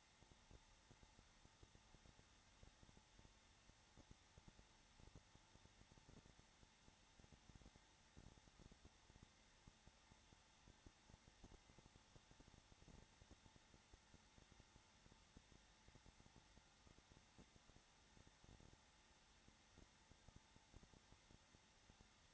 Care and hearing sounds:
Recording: daily activity, microphone in the room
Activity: no activity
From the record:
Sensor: 3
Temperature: 21.3 degrees Celsius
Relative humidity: 33.3%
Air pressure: 994.5 hPa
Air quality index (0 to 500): 168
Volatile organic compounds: 3 ppm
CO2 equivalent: 1459 ppm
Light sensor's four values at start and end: 2/3/2/2 and 2/3/2/2

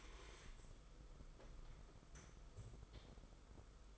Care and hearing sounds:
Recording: daily activity, microphone in the room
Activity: stand up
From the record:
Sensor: 5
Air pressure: 990.8 hPa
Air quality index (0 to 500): 150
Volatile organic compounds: 164 ppm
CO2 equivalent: 4080 ppm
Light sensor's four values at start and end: 41/126/48/51 and 41/126/48/51

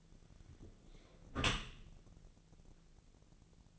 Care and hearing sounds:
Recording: daily activity, microphone in the room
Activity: close dishwasher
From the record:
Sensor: 4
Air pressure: 1001.3 hPa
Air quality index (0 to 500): 179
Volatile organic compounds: 2 ppm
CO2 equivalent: 1280 ppm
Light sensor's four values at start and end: 11/26/11/11 and 11/26/11/11

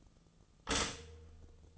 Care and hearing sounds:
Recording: daily activity, microphone in the room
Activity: stop toaster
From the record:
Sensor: 4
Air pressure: 1010.1 hPa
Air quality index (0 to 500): 180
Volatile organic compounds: 5 ppm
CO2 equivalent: 1825 ppm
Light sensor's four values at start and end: 23/69/27/27 and 23/69/27/27

